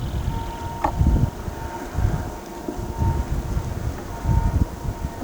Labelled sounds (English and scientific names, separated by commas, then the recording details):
none
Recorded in pastures near Pivijay, Magdalena, Colombia, on 13 April 2023 at 15:00
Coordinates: 10.456, -74.369
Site P6-G026